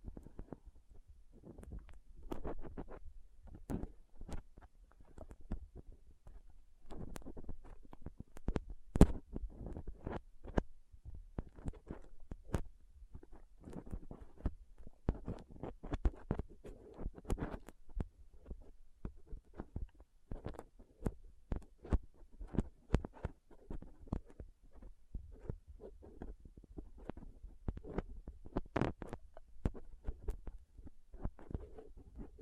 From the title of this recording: Soft Squishy Sticky, Crinkle, Cutting Sounds